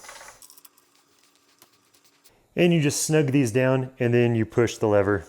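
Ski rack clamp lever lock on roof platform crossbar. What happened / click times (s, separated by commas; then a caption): Handled, not yet home: the clamp is being tightened but no lock snap is heard / none. A Yakima FatCat 4 EVO ski rack's clamp lever lock is handled on a Yakima LockNLoad Platform crossbar on a Crosstrek, with faint light ticks and taps around 0.4–0.7 s, 1.6 s and 2.3 s over a low steady hum. Someone then talks from about 2.6 s to the end as the knobs are snugged down before the lever is pushed over. Nothing has snapped shut or seated yet.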